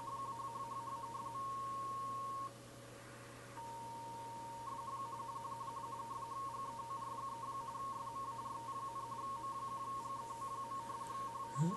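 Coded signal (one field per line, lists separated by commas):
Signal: RTTY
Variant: 45.45 baud, 170 Hz shift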